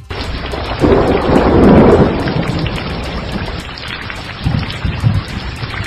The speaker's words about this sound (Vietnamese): Lại một tia chớp xoẹt qua đánh ầm một tiếng. Mưa to tầm tã trút xuống.